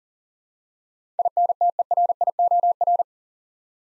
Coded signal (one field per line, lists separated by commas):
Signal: Morse code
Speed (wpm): 40 wpm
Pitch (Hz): 700 Hz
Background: none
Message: INTERIOR